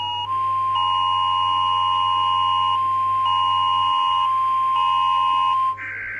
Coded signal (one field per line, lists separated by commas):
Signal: Emergency Alert System (SAME) tones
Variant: 1050 Hz attention tone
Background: music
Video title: Rating EAS Alarms Part 10: More alarms